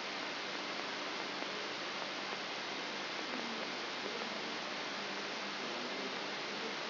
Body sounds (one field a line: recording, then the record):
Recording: brain microelectrode recording played as sound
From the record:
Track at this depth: outside the subthalamic nucleus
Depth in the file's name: 6.501 mm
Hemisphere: left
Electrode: 3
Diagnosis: Parkinson's disease